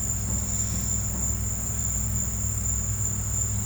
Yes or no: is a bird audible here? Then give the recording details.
no. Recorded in pastures near Puerto Asís, Putumayo, Colombia, on 16 December 2024 at 14:00. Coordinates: 0.466, -76.322. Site G040